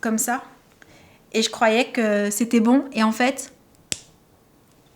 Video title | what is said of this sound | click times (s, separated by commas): IL VA Y AVOIR DU CHANGEMENT ICI ! | pas clipsé à fond donc là ben ça marche sans problème donc bah | 3.9 s